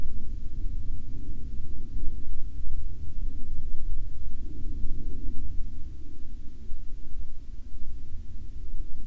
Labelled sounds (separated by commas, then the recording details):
aircraft
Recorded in the Arctic National Wildlife Refuge, Alaska, on 31 July 2019 at 15:54
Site 40